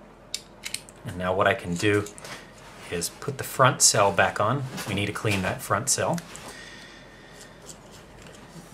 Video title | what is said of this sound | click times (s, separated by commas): Cleaning fungus from an SX-70 lens! And 600 modding a Fairchild "W" shutter! | here we go and it makes a very satisfying click | 0.3 s, 0.7 s